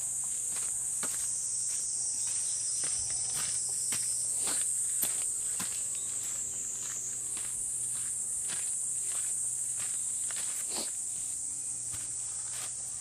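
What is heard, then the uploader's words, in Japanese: Walking through summer mountains: a dense, unbroken insect drone shrills high and steady throughout. Irregular dry crunches and taps of footsteps land every half second or so, and a faint low hum sits underneath the whole time. 環境音 夏山を歩く。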